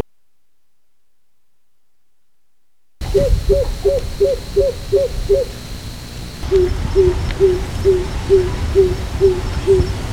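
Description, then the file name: Greater coucal giving a deep hooting call of about seven evenly spaced notes, followed by a second, slightly lower hooting series over low background rumble. "Gcoucal"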